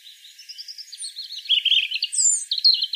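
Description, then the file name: European robin song, a continuous stream of high, varied twittering and warbling notes that grows louder and more complex toward the end. "Erithacus rubecula"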